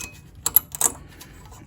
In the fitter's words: They just snap into place